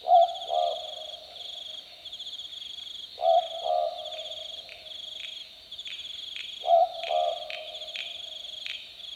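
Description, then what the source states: Southern boobook hooting a two-note boo-book three times, about every three seconds, while crickets or similar insects trill steadily. Recorded on a summer night, 17 February 2014, at 22:18:42.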